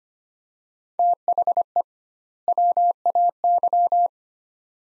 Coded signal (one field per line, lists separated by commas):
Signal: Morse code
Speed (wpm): 25 wpm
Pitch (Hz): 700 Hz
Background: none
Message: THE WAY